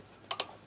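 On a 2021 Ram bed step, the small plastic latch tab at the base of the red button on the wiring harness connector is pushed down to free the connector. It gives a sharp click at 0.3 s, followed by a second, softer click at 0.4 s. The connector is released.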